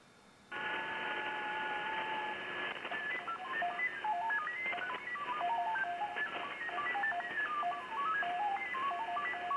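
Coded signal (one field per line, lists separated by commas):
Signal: FT8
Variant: SuperFox mode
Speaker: so we are calling him using the Super Hound mode of FT8. See,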